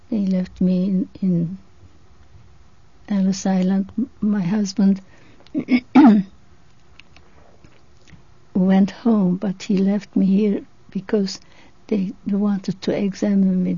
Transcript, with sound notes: they left me in, in Ellis Island. My husband (she clears her throat) went home, but he left me here because they wanted to examine me.